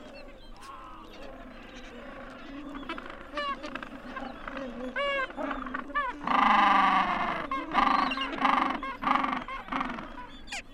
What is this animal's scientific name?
Pygoscelis papua